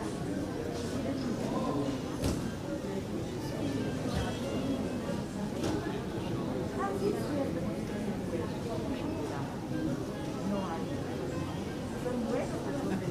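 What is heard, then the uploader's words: An airport terminal with shops and restaurants opening as passengers come in. A dense, steady murmur of many overlapping voices fills the whole stretch, with a few brief sharp knocks or clatters, one near two seconds and others around six. Waiting in Terminal 3 At The Ft.Lauderdale Airport. It's an early morning flight so you will hear sounds of shops and restaurants starting to open as passengers file their way in.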